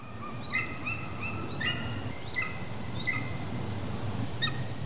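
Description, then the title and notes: Golden Eagle calling in a series of thin, whistled notes, some ending in short upward yelps, over a steady low rumble of background noise. Recording by Birger Hörnfeldt via Xeno-Canto. "Triluri urbane. Acvila de munte. Sunet: Birger Hörnfeldt via Xeno-Canto. Radio România Cultural"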